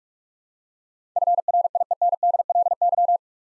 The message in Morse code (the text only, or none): FRIENDLY